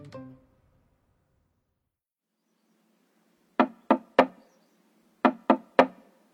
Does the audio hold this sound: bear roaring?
no